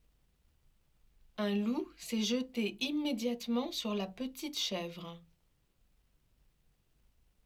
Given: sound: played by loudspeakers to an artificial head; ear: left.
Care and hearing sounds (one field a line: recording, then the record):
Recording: speech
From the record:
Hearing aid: none